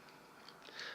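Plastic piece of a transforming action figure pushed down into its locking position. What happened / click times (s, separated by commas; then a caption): The plastic part does not lock into place / none. A plastic piece of a Transformers Age of Extinction Deluxe Class Lockdown transforming action figure is pushed all the way down into its locking position, with two brief soft ticks of plastic handling near 0.5 and 0.7 seconds. The piece fails to lock, and nothing has clicked into place yet.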